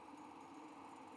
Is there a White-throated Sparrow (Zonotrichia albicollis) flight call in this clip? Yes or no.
no